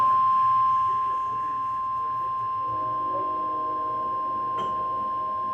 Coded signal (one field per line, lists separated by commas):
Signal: Emergency Alert System (SAME) tones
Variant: 1050 Hz attention tone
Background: speech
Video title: EAS/NWR Alert or message #1157: Required Weekly Test #15 fail part 1